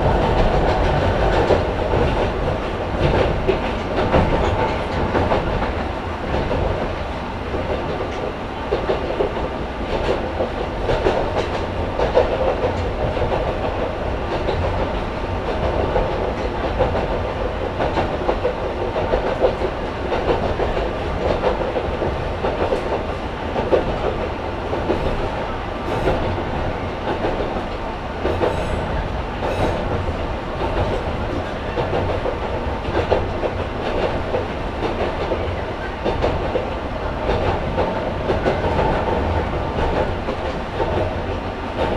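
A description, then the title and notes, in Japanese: A Yonkaichi Asunarou Railway train runs from Hinaga to Yokkaichi with a steady low rumble, constant rattling and frequent clickety-clack from the wheels. 四日市あすなろう鉄道 日永→四日市。モーター音や加速の違いが歴然としています。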